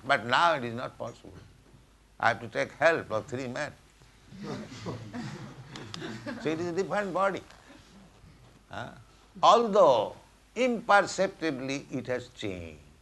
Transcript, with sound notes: But now it is not possible. I have to take help of three men. [laughter] So it is a different body. Although imperceptibly it has changed,